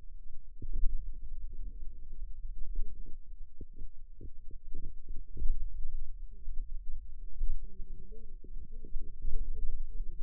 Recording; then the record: forearm muscle sounds (acoustic myography)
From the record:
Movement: pen grasping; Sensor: system 2, bracelet of six BSWA MPA416 microphones around the upper forearm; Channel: 1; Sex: female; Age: 21 years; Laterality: right